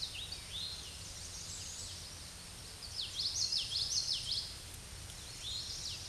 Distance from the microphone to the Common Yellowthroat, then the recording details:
about 30 m. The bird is about 10 m above the microphone. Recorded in a Pennsylvania forest on 16 May 2024 at 07:46. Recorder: AudioMoth, point MSD-2304. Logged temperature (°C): 16.0 °C. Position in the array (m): 235 m, 174 m